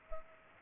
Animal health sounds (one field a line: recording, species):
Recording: mosquito wingbeat signal from an infrared sensor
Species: Culex pipiens